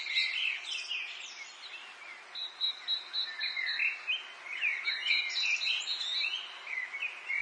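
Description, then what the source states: Several birds sing together, with quick chirps, a thin sustained high note and tumbling warbles that rise and fall without pause. Birdsong in an English garden in the late afternoon, urban atmosphere.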